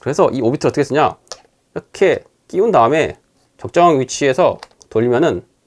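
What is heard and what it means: An orbit adapter is being fitted onto the head of a Shinemate EB-210 cordless polisher and twisted toward the right position to lock it, while someone talks throughout. The adapter has not seated or clicked into place yet.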